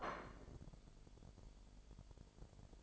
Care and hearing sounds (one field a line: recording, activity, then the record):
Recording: daily activity, microphone in the room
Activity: place plate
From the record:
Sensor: 5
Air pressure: 1002.1 hPa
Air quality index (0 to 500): 224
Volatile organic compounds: 28 ppm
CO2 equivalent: 2906 ppm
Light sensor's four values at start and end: 10/24/10/11 and 10/24/10/11